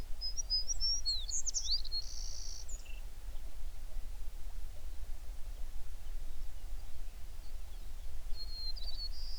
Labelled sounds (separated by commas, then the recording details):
songbird
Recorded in the Prudhoe Bay oil fields, Alaska, on 11 June 2019 at 04:50
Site 21